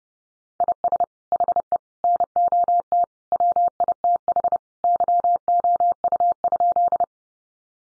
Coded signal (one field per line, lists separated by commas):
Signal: Morse code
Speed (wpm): 30 wpm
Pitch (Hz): 700 Hz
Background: none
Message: IS HE NOT WITH YOU?